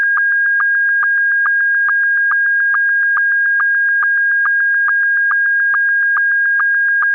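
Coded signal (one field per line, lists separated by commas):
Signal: SSTV (slow-scan television)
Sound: steady mid-pitch tone broken by rapid, regular clicking ticks, like a flat-colour image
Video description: I have included SSTV Audio Examples for you to test with.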